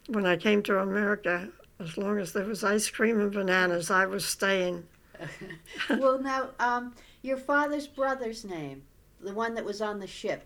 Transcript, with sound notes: When I came to America, as long as there was ice cream and bananas, I was staying. (They laugh.) Well, now, your father's brother's name? The one that was on the ship.